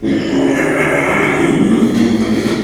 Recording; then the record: squeal of a Yucatan mini pig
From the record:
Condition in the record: after surgery on the right vocal fold (resection and tissue-engineered implant); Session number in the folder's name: 2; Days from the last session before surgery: 13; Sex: male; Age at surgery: 12 weeks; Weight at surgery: 13 kg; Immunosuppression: cyclosporine, prednisolone